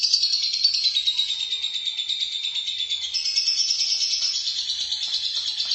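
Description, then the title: Lovebird chattering song, dense, shrill and unbroken, pulsing about three times a second with small rises and falls in pitch. "BM Suara Burung Lovebird"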